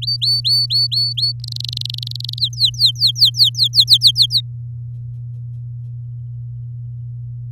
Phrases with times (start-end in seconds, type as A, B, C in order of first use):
0.01-1.32 A, 1.44-2.39 B, 2.39-4.41 C